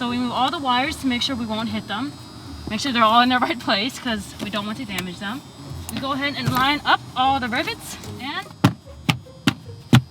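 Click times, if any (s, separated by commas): 9.1 s, 9.5 s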